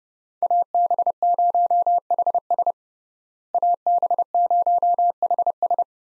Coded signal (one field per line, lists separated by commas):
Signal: Morse code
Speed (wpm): 30 wpm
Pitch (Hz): 700 Hz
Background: none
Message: AB0HS AB0HS